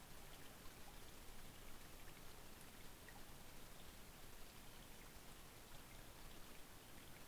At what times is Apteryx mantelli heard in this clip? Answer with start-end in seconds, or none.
none